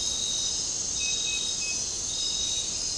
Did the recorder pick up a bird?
no